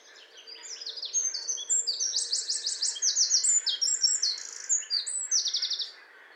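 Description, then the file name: Eurasian wren song: a loud, fast outpouring of high trills and buzzy rattles lasting about five seconds, delivered over a faint low hum. "Troglodytes troglodytes"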